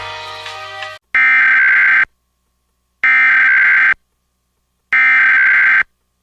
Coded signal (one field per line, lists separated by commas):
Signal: Emergency Alert System (SAME) tones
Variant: header bursts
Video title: EAS Reenactment Mock: SVR issued for Mitchell County